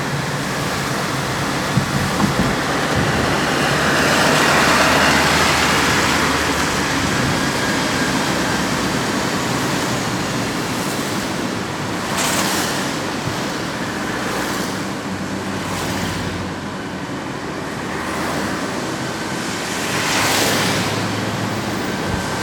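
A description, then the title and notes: Steady hiss of traffic on wet roads, swelling near five seconds, with brighter tire swishes passing around twelve, sixteen and twenty seconds. A Wet Traffic Day.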